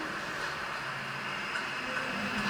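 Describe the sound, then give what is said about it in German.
A rail vehicle sound, dubbed over film footage of a tram, rolls by in a steady, even wash of rumble and hiss, holding a constant level throughout with a faint low hum underneath and no voices. “Das klingt auch gar nicht wie Straßenbahn.”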